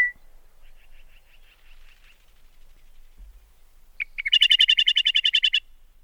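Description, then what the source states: Meadowlark song: a soft rapid chatter, then a couple of sharp notes and a fast, loud trill of bright, repeated notes ending abruptly. Recording played on air; described as a beautiful song not heard in a long time.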